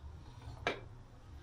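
On a 2017–2026 Honda CBR1000RR, a rag wedged into the rear sprocket lets the wheel be turned quickly to tension the chain. The axle and chain adjuster on the far side of the swingarm shift and lock against the adjuster block with a single small, sharp click at 0.7 s over a low background hum. The adjuster is seated against its stop, and the click is audible because the lock nut is not yet fitted.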